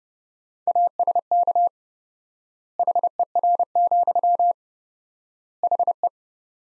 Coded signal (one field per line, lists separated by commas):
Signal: Morse code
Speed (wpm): 32 wpm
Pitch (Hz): 700 Hz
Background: none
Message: ASK HER, HE